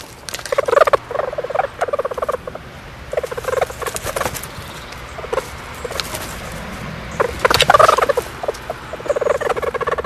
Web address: stoat